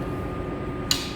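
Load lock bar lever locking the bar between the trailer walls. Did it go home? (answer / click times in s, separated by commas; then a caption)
yes / 0.9 s. A load lock bar is braced against the trailer wall inside a dry van, and its lever is pulled down to lock the bar between the walls. A low, steady background hum runs under the clip, then a single sharp, bright click sounds at 0.9 s. The bar ratchets into place and is locked.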